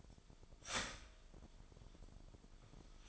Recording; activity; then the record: daily activity, microphone in the room; start toaster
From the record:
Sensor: 5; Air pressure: 1002.1 hPa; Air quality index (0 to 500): 208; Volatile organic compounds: 20 ppm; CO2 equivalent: 2692 ppm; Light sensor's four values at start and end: 33/108/41/43 and 33/108/41/43